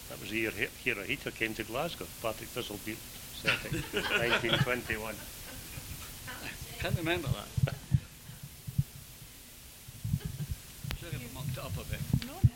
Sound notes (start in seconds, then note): 5.2 laughter; 7.7 laughs